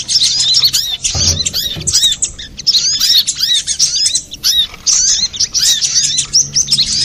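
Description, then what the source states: Little spiderhunter singing a rapid stream of thin, high chirps and looping notes, broken by short pauses, with a couple of low thumps near the start. Master recording for training cage birds; Indonesian name sogok ontong, labelled Labaik.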